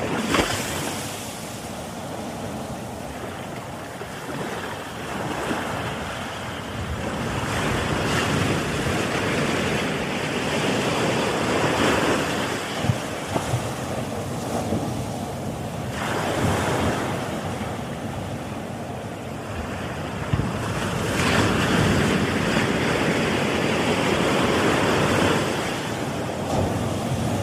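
Ocean waves roll in with a steady rushing wash, swelling into louder surges around 8, 16 and 21 seconds, with gusty wind on the microphone.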